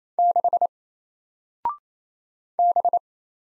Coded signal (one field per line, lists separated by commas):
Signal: Morse code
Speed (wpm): 27 wpm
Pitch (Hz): 700 Hz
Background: none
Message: 6 B